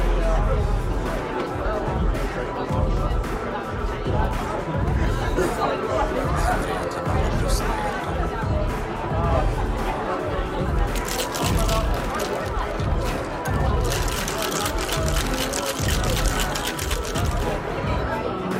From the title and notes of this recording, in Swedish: Baren. En timme sorlande barljud.